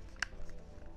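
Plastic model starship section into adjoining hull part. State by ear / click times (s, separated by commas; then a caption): seated / 0.2 s. A plastic section of an Enterprise-D advent calendar model starship is pushed by hand into the adjoining hull part, with no glue needed. A sharp, bright snap at 0.2 s marks it seating firmly in place, followed by a much fainter tick at 0.5 s.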